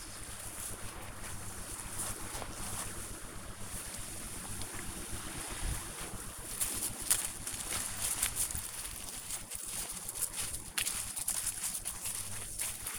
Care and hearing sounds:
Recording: household activities, microphone on the right wrist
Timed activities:
0.00-12.99 s: going for a walk with dog

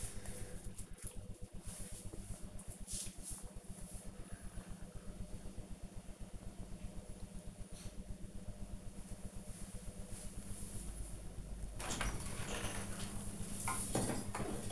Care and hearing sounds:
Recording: household activities, microphone on the right wrist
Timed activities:
11.95-14.72 s: drinking

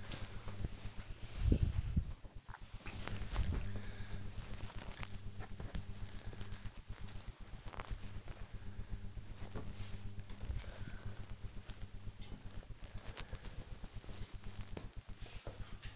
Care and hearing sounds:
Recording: household activities, microphone on the right wrist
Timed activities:
0.00-1.26 s: ironing laundry

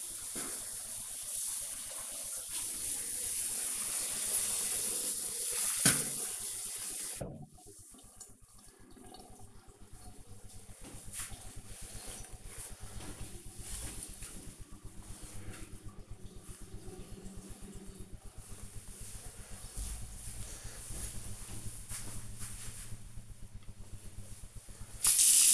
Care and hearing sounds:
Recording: household activities, microphone on the right wrist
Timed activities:
0.00-6.91 s: brushing teeth
24.03-25.53 s: washing hands

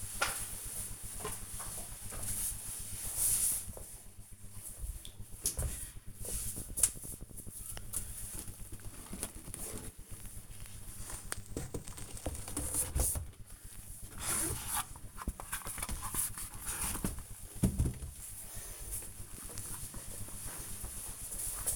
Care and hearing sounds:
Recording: household activities, microphone on the right wrist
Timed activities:
none

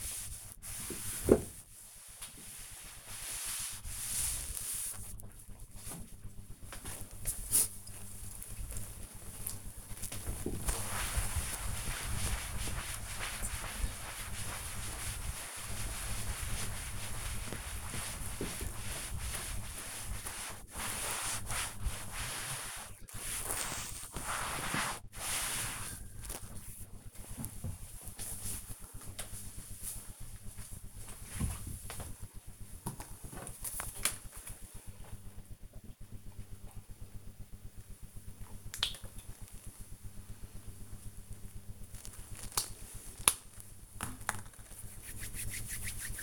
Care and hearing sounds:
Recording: household activities, microphone on the right wrist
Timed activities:
0.00-26.61 s: cleaning table
38.70-46.23 s: cream hands

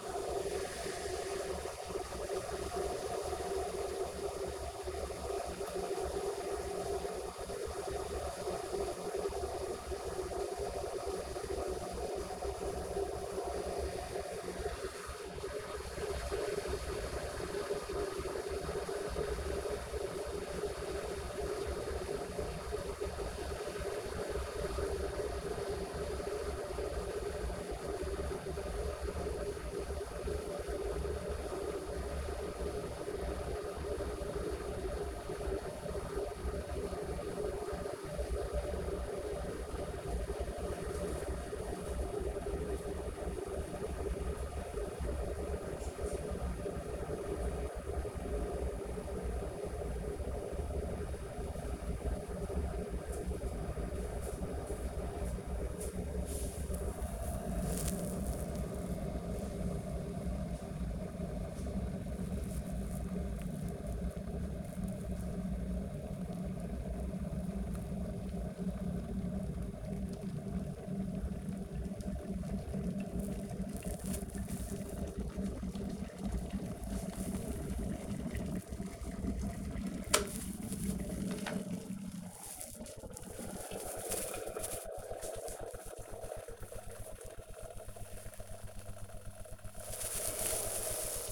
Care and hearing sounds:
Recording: household activities, microphone on the right wrist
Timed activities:
0.00-91.32 s: making tea

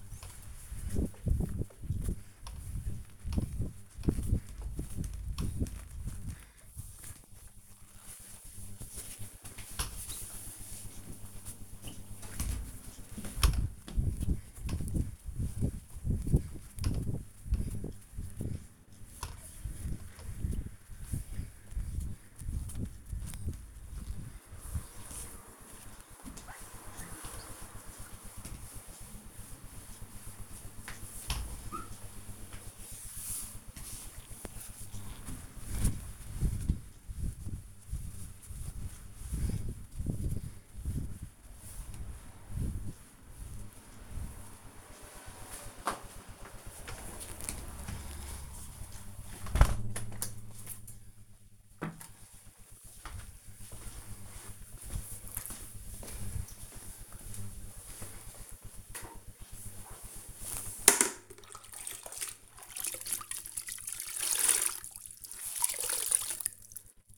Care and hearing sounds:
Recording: household activities, microphone on the right wrist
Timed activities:
0.00-46.04 s: window cleaning
61.13-67.18 s: floor cleaning

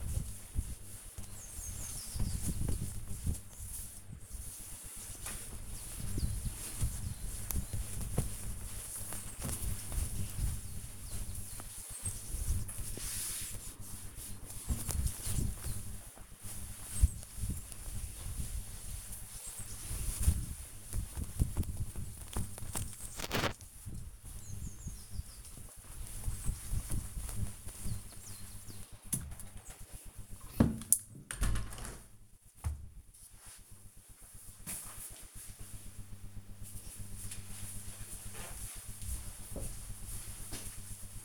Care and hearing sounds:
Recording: household activities, microphone on the right wrist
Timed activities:
0.00-31.25 s: window cleaning

